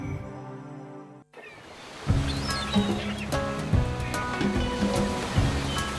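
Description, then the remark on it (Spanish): A steady rushing wash of surf swells up after a brief tonal chord, then continues beneath a bright music bed with ringing melodic notes. “Este verano te gustaría vivirlo así, junto al mar, con emoción, vivir la noche.”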